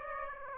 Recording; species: mosquito wingbeat signal from an infrared sensor; Aedes aegypti